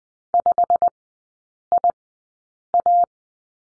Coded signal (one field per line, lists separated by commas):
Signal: Morse code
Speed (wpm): 20 wpm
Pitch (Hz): 700 Hz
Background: none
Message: 5IA